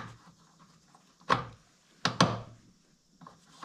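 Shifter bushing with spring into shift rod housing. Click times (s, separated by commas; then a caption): 2.1 s. A spring-loaded plastic shift rod bushing on a 1968 VW Beetle is worked into its hole in the shift rod housing in the tunnel, and after several attempts it snaps into place. A short thunk comes at 1.3 s, then a sharp click at 2.1 s with a second knock right after at 2.2 s. The bushing is seated.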